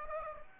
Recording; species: mosquito wingbeat signal from an infrared sensor; Aedes aegypti